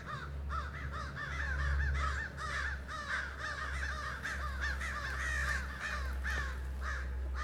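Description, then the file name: Crows squawking in a fight, many raspy caws overlapping throughout, over a steady low hum. Crows squawking during a fight. "Crows Bird Squawking Fight"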